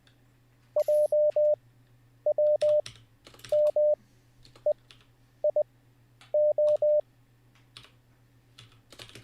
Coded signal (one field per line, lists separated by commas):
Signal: Morse code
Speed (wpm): 20 wpm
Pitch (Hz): 600 Hz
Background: none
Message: JWMEIO